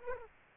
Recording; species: mosquito wingbeat signal from an infrared sensor; Aedes aegypti